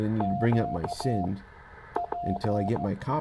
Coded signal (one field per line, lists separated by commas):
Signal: Morse code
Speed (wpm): 14 wpm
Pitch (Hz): 700 Hz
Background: speech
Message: Q P